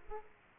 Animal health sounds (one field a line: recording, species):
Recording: mosquito wingbeat signal from an infrared sensor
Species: Aedes aegypti